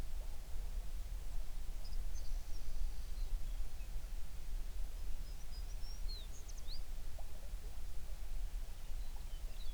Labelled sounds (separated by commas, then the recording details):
songbird
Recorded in the Prudhoe Bay oil fields, Alaska, on 11 June 2019 at 04:35
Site 21